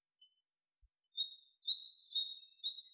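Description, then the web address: Red-breasted flycatcher calling: a high thin series of repeated descending notes, starting hesitantly, then running quicker and louder in an even rhythm, with no other sounds. Recorded in Slovenia. "Ficedula parva"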